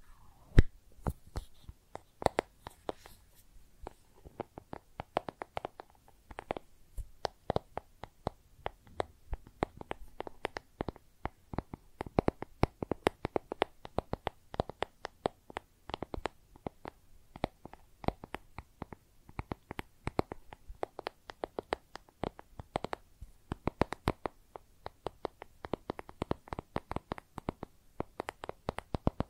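Makeup tapping and scratching: a dense, uneven run of sharp little clicks and taps, many per second, with no pauses across the whole half minute. Some hits land harder than others, and faint scratchy rustling fills the gaps between them.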